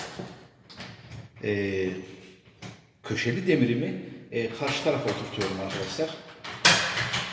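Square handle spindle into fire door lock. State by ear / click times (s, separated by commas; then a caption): seated / 6.7 s. The square spindle of a fire door handle is fitted through the lock with its slotted side facing down and held toward the opposite side while someone talks. At 6.7 s it goes home with a sharp knock, fully seated in the lock.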